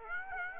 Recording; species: mosquito wingbeat signal from an infrared sensor; Aedes aegypti